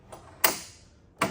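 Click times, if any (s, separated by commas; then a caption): 0.5 s, 1.2 s. The seat of a Honda Motocompacto electric scooter is installed by moving its slot forward so the seat drops back into position on the scooter frame. Two sharp, loud clicks ring out at 0.5 s and 1.2 s, with a faint tick just before them. The seat drops in and locks in place.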